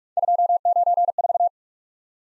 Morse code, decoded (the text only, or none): 294